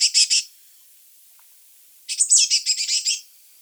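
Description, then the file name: Eurasian blue tit giving a buzzy scolding rattle, a short burst of three harsh notes, then a longer churring series after a pause. "Cyanistes caeruleus"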